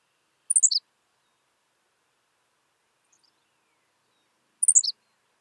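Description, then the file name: Henslow's sparrow repeating its tiny, high, sputtering song twice about four seconds apart, each a rapid string of descending notes, with quiet between. "Ammodramus henslowii - Henslow's Sparrow"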